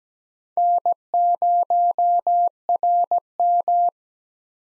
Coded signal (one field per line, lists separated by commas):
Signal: Morse code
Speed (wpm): 17 wpm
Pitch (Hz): 700 Hz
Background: none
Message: N0RM